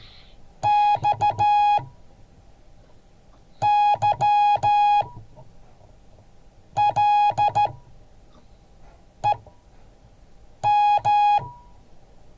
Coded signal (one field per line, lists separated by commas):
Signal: Morse code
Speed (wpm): 14 wpm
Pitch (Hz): 830 Hz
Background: none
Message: XYLEM